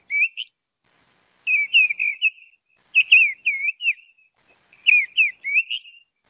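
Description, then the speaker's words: Mistle thrush song, clear whistled phrases that rise and fall, given in four separate bursts with short gaps. Male song. "Sorsal Charlo, canto del macho."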